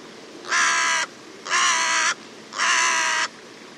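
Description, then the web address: Bird repeating a harsh, nasal caw three times at a steady pace of about one per second, each note flat and grating. "cianscape. Deverinetal 2025. Bird Only"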